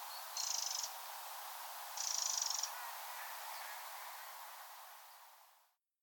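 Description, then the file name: Eurasian wren, two quick dry ticking rattles in the first three seconds, then only fading background hiss until the sound cuts out. "Troglodytes troglodytes"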